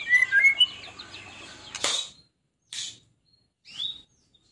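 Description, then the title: White-rumped shama song: a short string of bright whistled notes, then a loud harsh burst and two brief rasping notes separated by silence. Used as a lure to make other birds respond; described as an actively singing ('gacor') bird. "PANCINGAN MEWAH MURAI BATU GACOR, SEKALI DENGAR AMPUH LANGSUNG RESPON"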